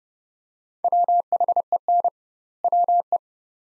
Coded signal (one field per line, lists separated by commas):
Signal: Morse code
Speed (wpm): 31 wpm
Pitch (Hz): 700 Hz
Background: none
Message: WHEN WE